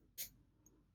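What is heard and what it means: A Federal Lock combination padlock's dial wheel is turned while the shackle is pulled upward, and after a brief louder burst near 0.2 s, a small, sharp click sounds at 0.7 s as the wheel drops into a false gate. The shackle pops up slightly but does not fully open.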